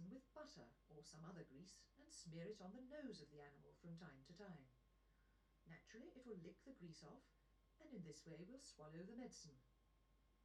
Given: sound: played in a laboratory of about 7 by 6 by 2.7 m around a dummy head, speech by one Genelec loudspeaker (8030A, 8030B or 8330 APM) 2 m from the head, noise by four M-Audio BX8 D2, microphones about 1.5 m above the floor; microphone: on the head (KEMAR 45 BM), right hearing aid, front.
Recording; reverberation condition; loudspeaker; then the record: female speech in English; low; 150 degrees to the left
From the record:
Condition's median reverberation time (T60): about 310 ms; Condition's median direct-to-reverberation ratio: about 3.5 dB